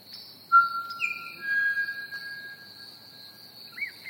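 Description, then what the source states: Pied Butcherbird song: clear, pure whistled notes held steady at different pitches, then a short rising and falling phrase at the end, over a constant high cricket trill. With crickets chirping.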